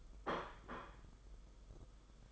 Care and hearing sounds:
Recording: daily activity, microphone in the room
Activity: place plate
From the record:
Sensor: 5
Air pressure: 991.0 hPa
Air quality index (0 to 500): 140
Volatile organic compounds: 106 ppm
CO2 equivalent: 3791 ppm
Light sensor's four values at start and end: 39/122/46/50 and 39/122/46/50

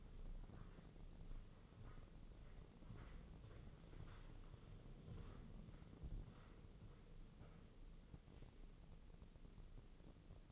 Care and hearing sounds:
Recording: daily activity, microphone in the room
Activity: walk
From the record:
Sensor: 4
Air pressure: 996.7 hPa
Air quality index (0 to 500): 243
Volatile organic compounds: 367 ppm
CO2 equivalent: 4615 ppm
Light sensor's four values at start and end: 50/122/50/50 and 50/122/50/50

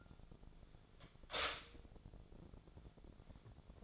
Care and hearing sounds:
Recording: daily activity, microphone in the room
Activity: stop toaster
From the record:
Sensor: 5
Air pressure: 1000.4 hPa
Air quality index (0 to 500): 128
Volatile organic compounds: 2 ppm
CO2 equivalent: 1008 ppm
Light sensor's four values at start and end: 80/188/80/86 and 80/188/80/86

